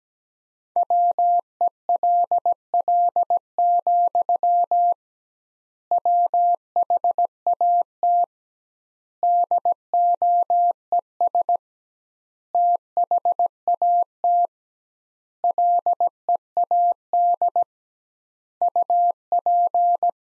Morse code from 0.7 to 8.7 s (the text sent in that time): WELL, WHAT